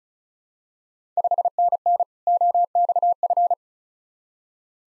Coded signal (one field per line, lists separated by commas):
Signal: Morse code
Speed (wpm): 36 wpm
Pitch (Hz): 700 Hz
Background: none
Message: 5NN OXF